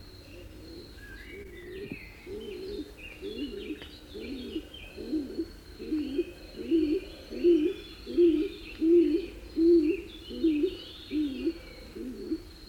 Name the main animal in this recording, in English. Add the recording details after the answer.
Stock Dove. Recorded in the wild. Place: Ciucurova, Dobrogea, RO. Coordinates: 44.933, 28.483. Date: 1976-05-30 07:10. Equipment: Nagra III BH, Sennheiser MD 21, parabola. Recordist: Schubert, Michael